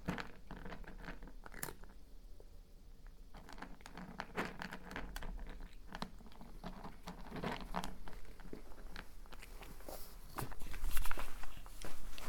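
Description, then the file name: Cat eating: rapid, irregular crunching and clicking of dry kibble, with soft rustles and bumps throughout, growing louder toward the end. Pet cat named Athos eating dry food. "My cat Athos while eating dry food"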